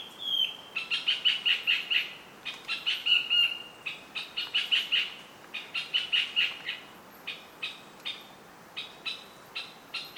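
Fantail with steady runs of high squeaky chips in short bursts, the bursts thinning to single notes toward the end, over faint background hiss.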